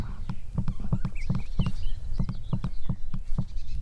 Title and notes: REEVES PHEASANT CALLS. gurgling bubbling type call